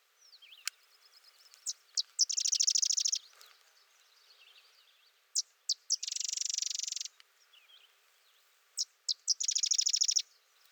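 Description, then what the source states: Sedge wren singing: sharp chips leading to a buzzy rapid chatter, repeated several times, with faint thin twitters and light background hiss. Singing close for over 3 minutes.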